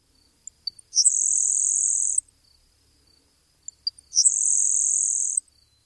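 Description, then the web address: Grasshopper sparrow giving a few faint ticks, then a long, very high, insect-like buzz lasting about a second, repeated twice in a quiet setting. "Thumbs Plus Zoo Field Guide Repository"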